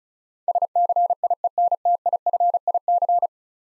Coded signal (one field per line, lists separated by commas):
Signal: Morse code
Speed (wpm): 36 wpm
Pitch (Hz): 700 Hz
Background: none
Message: SCIENTIFIC